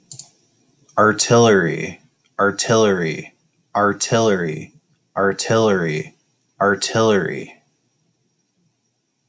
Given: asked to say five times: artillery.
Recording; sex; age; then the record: repeated word; male; 20 to 29 years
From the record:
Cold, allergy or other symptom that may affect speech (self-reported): no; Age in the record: 28 years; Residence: Colorado, United States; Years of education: 12